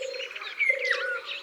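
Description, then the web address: Eurasian golden oriole song, a clear fluted whistle sliding down, with other bird sounds and a low droning tone. "Loriot-d Europe. abc de la nature"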